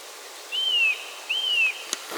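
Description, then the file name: Eurasian nuthatch giving two clear whistled notes, each rising briefly then sliding downward, followed by a short click and a rustle at the end. "Sitta europaea"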